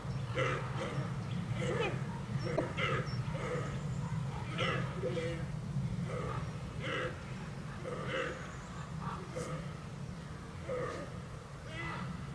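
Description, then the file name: Fallow deer giving a series of short, harmonic calls at irregular intervals, over a steady low hum. Nominate subspecies Dama dama dama, recorded in a wildlife park in Haltern. "Haltern - Naturwildpark Granat - Dama dama dama"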